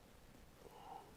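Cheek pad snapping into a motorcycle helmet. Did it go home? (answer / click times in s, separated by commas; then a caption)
no / none. A motorcycle helmet cheek pad is being handled and pressed back into the helmet shell over a tucked-in microphone cord, with soft rustling and low handling noise and no distinct clicks. Nothing has seated or clicked yet; the pad's plastic snap fasteners have not engaged by the end.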